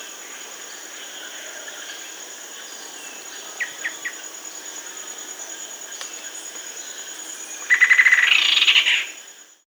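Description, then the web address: Rufous-winged antwren song near the end: a quick run of notes that climbs into a rolling chatter, after several quiet seconds of faint insect-like hiss and a few soft chips. Recorded in South America. "Natures Songs S America Rufous-Winged Antwren"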